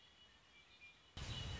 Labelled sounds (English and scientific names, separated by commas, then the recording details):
Red-winged Blackbird (Agelaius phoeniceus)
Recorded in Sonoma County, California